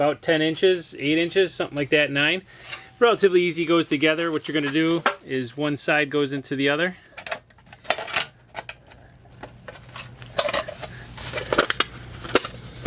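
Someone talks about a 6-inch aluminium duct section, roughly 8 to 10 inches long, while one edge of its snap-lock seam is fitted into the mating edge. Then come light metallic handling clatters and sharp taps around 7.9, 10.4 and 11.6–11.8 seconds. The seam has not clicked together and nothing has seated yet.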